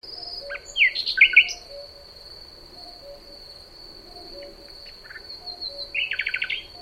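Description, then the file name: Common nightingale singing a few scattered phrases of sharp whistled notes and a fast stuttering trill, over a constant high insect hum and soft low repeated notes. "Luscinia megarhynchos"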